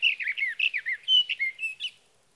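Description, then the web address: Sage thrasher delivering a brisk warbled phrase, mixing short burry notes with a few clearer drawn-out whistles, lasting about two seconds. "birdsongforthecurious Sage Thrasher"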